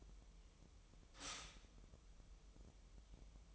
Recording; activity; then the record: daily activity, microphone in the room; stop toaster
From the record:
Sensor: 1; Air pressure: 988.6 hPa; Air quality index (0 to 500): 197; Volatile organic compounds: 960 ppm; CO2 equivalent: 5251 ppm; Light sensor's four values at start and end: 25/94/35/37 and 25/94/35/37